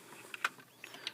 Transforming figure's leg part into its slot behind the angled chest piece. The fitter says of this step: that until it snaps snap